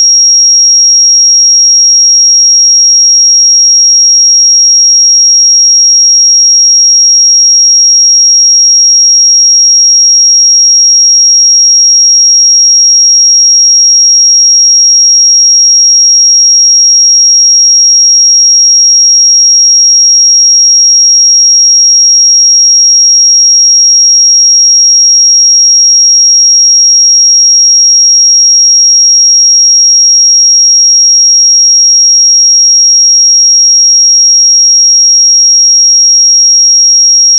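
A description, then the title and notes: A pure sine tone at 5608 Hz sounds without a break for the full length, piercing and very high. Its pitch and loudness stay perfectly constant throughout, with no other sounds around it. 5608 Hz 1 Hz Interval Sine Pure Tone Frequency 441000 Sample Mono.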